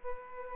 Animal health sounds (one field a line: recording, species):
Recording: mosquito wingbeat signal from an infrared sensor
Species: Culex quinquefasciatus